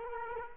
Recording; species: mosquito wingbeat signal from an infrared sensor; Culex quinquefasciatus